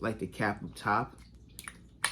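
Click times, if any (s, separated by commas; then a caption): 2.0 s. Someone talks as a perfume cap is put back onto a fragrance bottle's sprayer neck. A couple of faint ticks follow, and at 2.1 seconds the cap snaps into place with a sharp, bright click, seated on the bottle.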